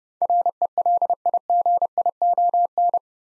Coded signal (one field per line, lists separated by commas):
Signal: Morse code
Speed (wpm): 30 wpm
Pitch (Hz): 700 Hz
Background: none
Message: RELIGION